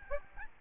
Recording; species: mosquito wingbeat signal from an infrared sensor; Aedes albopictus